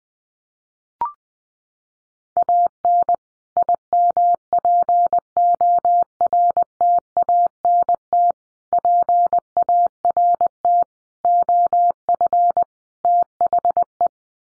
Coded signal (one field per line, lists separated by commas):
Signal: Morse code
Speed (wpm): 20 wpm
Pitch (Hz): 700 Hz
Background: none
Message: AN IMPORTANT PART OF THE